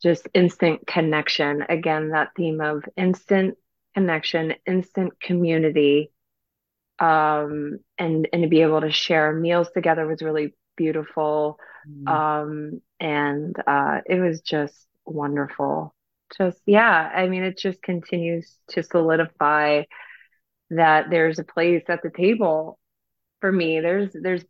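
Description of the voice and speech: Mostly fluent adult female speech with occasional prolonged sounds and brief glottal blocks, consistent with mild stuttering. The speaker is a woman who stutters and chooses to stutter openly.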